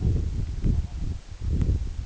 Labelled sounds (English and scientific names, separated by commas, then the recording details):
King Eider (Somateria spectabilis)
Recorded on Arctic tundra, site EABA-1, on 26 June 2018
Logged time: 08:00